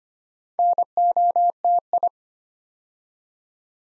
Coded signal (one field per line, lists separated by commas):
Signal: Morse code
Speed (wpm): 25 wpm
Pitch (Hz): 700 Hz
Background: none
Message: NOTI